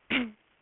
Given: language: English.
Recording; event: throat vibration sensor signal played as sound; throat clearing